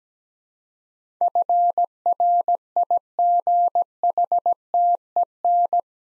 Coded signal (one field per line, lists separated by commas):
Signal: Morse code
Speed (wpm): 17 wpm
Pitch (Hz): 700 Hz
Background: none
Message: FRIGHTEN